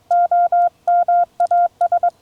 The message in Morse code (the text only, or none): OMAS